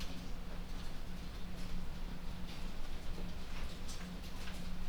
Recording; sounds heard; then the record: poultry house recording; no chicken sound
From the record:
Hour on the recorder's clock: 23